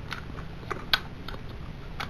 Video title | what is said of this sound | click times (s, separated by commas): Transformers Animated Bulkhead | you basically to lift this up and lock it together | 0.9 s